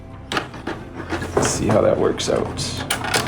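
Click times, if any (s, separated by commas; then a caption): none. The LED grow lamp head of an indoor hydroponic garden is handled and pushed toward its plastic stand post while someone talks, with brief knocks and rustling handling noises around 0.3 s and 1.4 s. The clip ends before the lamp goes home, and nothing has seated or clicked yet.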